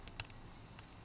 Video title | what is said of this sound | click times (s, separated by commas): Mini 14 Samson ATM Stock Unboxing - BLACK EDITION | When we open up the arm, you can see that the button we use to fold it down also locks in place. | 0.2 s